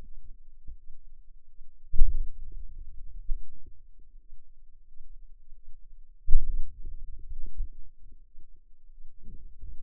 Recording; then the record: forearm muscle sounds (acoustic myography)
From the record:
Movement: hand opening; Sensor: system 2, bracelet of six BSWA MPA416 microphones around the upper forearm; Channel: 6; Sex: female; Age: 23 years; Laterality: right